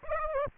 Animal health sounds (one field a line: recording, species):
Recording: mosquito wingbeat signal from an infrared sensor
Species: Aedes aegypti